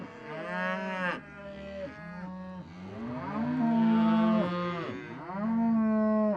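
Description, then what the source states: Cow breathing loudly with a series of harmonic moans. Cows breathing on the microphone.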